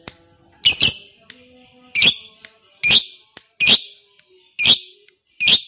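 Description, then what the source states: Lovebird calls, short harsh squeaky bursts repeated roughly every second, some doubled, with quiet gaps between them. Fighter lovebird, singing energetically (gacor).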